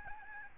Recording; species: mosquito wingbeat signal from an infrared sensor; Aedes albopictus